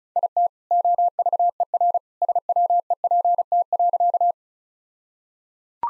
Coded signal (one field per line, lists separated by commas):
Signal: Morse code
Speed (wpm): 34 wpm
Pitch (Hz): 700 Hz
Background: none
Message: IT OVER SWEPT.